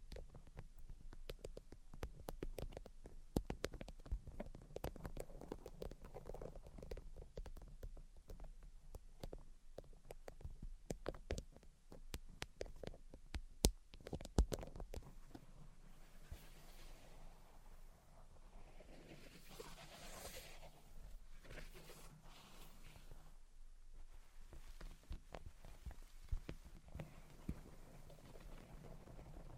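Tapping and scratching sounds fill the clip, with dense, irregular clicks and taps throughout the first half and a few sharper knocks near fourteen seconds. Later the taps thin out and softer, sweeping scratchy strokes take over, with a low rumble underneath.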